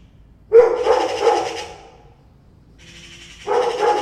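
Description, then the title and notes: Dog barking in two bursts separated by a quiet gap. Dog showing concern. "2 cats, 2 magpies and a dog. Two cats meowing each other and two magpies and a dog concern about them"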